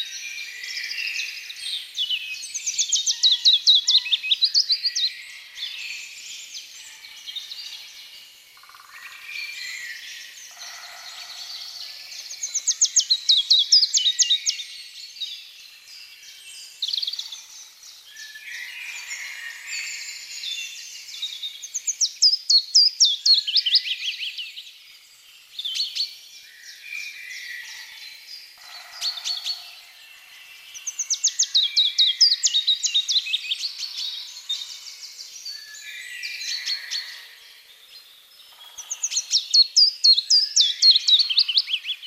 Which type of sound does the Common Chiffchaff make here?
song